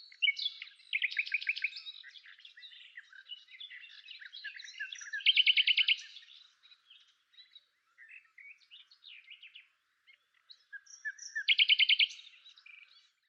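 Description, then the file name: Common nightingale song: varied twittering phrases broken by loud, evenly repeated note bursts at the start, around five seconds and near twelve seconds, with short pauses between. "Luscinia megarhynchos"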